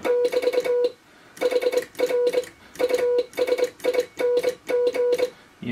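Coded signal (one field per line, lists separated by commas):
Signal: Morse code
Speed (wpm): 24 wpm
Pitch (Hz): 500 Hz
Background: none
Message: <BT> HR USING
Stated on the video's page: Morse from a homebrew all-tube 10 W QRP transceiver on 80m, powered by a cheap inverter.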